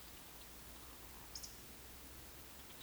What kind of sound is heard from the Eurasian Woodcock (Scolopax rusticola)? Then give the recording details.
whistle, croak. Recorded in Baden-Württemberg, Germany, on 31 May 2021 at 19:59 UTC. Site 20675, 466 m above sea level